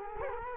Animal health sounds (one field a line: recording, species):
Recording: mosquito wingbeat signal from an infrared sensor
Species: Culex quinquefasciatus